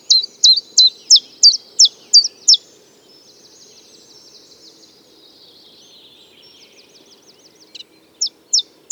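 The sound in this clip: Common chiffchaff singing a quick series of high, alternating notes, then a pause with fainter trilling sounds, before the song resumes.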